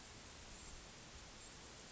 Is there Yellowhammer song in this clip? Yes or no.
no